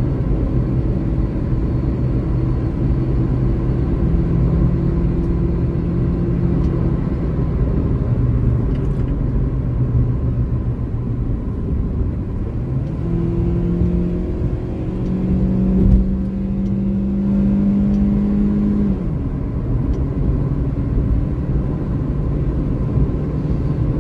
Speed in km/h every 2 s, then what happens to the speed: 123, 128, 131, 116, 96, 77, 87, 95, 100, 106, 110, 114.
0-5 speeds up to 131. 5-10 brakes to 77. 10-24 speeds up to 114.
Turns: none.